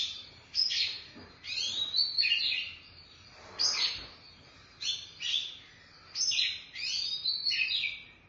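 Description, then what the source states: Oriental magpie-robin song of whistled slurs and scratchy bursts in phrases separated by short pauses. Chirping song (kicauan) of the bird.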